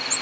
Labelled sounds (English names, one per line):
Ovenbird flight call